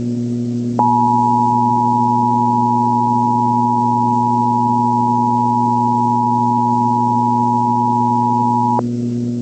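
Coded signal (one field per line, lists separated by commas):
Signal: Emergency Alert System (SAME) tones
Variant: 853 and 960 Hz attention tone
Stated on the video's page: Fictional EAS scenario, not a real alert.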